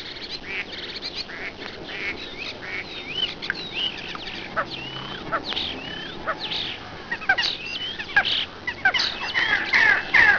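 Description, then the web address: Common starling song, a rambling medley of looping slurred whistles, dry clicks and rattles, growing louder and busier toward the end. "singvoegel star"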